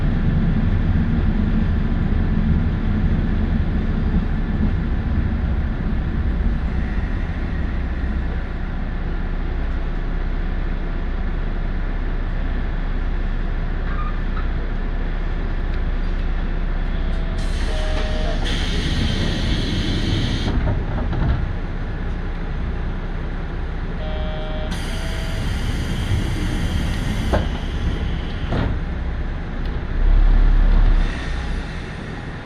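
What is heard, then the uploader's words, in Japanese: A Tarumi Railway train runs from Morera Gifu toward Tarumi, its steady low rumble and rhythmic wheel noise filling the whole clip. Bursts of brighter hiss and rattling come in around 17–21 seconds and again near 25–28 seconds and 31 seconds. 樽見鉄道 モレラ岐阜→樽見。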